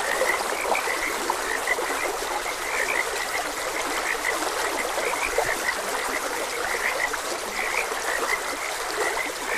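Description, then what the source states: A dense frog chorus of short, repeated croaks runs without break, accompanied by the soft, constant rushing of stream water. Frogs recorded croaking beside a gentle stream.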